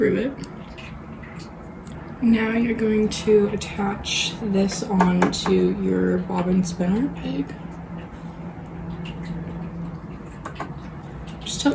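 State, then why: Seated. A plastic sewing-machine bobbin is pushed onto the bobbin winder spindle while someone talks. It clicks into place at 10.5 s, with a second short sound just after, and the bobbin is seated on the spindle.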